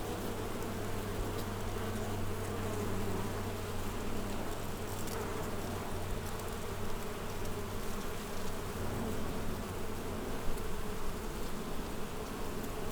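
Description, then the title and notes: Wasps buzz continuously in a low, layered drone, with a steady background hum and occasional faint ticks. Wasps among the blossoms of the wild vine, Wörth am Rhein, Germany. "Haydnstraße 1, 76744 Wörth am Rhein, Deutschland - Wespen in den Weinranken. Wasps in the blossoms of the wild vine"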